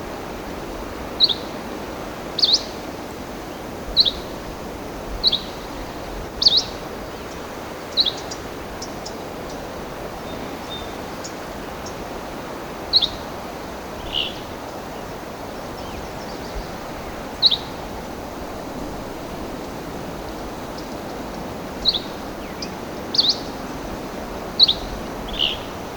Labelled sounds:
Dusky Flycatcher song
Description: Dusky Flycatcher song recorded in the Wild Basin Moraine of Rocky Mountain National Park
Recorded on 2 June 2016

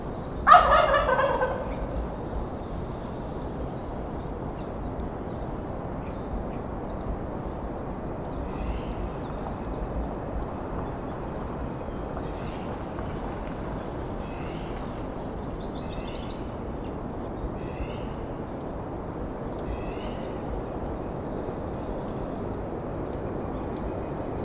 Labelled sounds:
Wild Turkey
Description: Wild Turkey gobble from a male recorded at the Alluvial Fan in Rocky Mountain National Park
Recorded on 19 May 2016

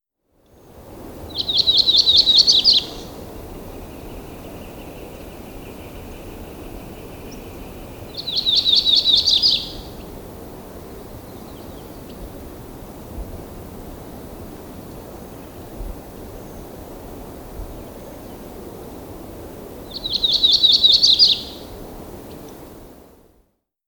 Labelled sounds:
Yellow-rumped Warbler song
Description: Audubon's Warbler song recorded on the Finch Lake Trail of Rocky Mountain National Park
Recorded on 1 June 2016

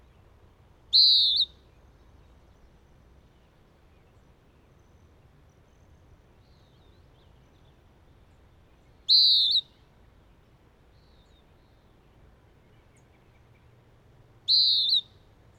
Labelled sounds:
Western Wood-Pewee song
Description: Western Wood-pewee song recorded from two birds at Hollowell Park in Rocky Mountain National Park
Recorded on 6 June 2017

